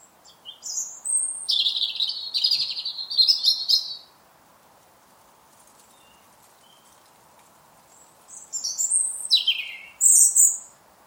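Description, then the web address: European robin song with sweet, high warbles and quick trills in a long opening phrase, a quiet pause with faint chirps, then another bright phrase. "Deverinetal 2025 File origin Bird Only Er Ru"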